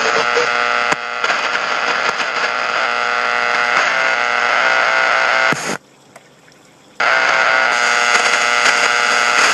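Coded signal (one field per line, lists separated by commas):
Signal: channel marker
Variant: UVB-76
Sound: harsh continuous harmonic buzzing through radio noise, briefly cutting out once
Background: radio static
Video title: Strange Sounds Heard on UVB-76 (4620 to 4630 KhZ)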